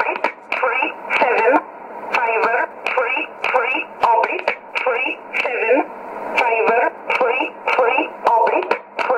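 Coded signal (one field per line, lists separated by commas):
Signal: numbers station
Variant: E11 Oblique, English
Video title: 09 11 2016 Number station E11 Oblique in English to Eu 0902 on 9446 unknown tx site USB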